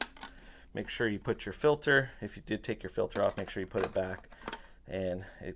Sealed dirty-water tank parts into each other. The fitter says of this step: layers of seal so that pops right back together